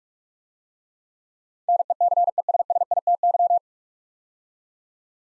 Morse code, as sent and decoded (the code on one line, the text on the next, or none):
-. . -.-. . ... ... .. - -.--
NECESSITY